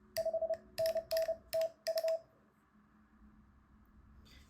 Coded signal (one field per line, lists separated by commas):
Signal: Morse code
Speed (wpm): 30 wpm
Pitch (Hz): 650 Hz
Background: none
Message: 5NN TU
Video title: Morse Code Quickstart Guide - Links in the description